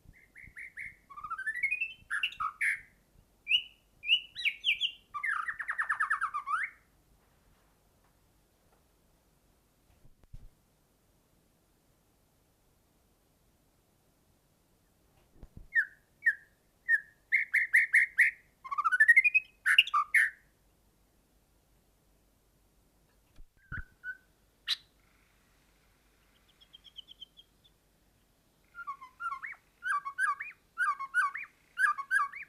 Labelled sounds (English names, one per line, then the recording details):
European Serin song
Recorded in the wild
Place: Kaiserslautern, Rheinland-Pfalz, DE
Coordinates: 49.4289, 7.76611
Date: 1973-06-12
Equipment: Nagra IV, Sennheiser MKH 405, Parabolreflektor
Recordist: Tretzel, Erwin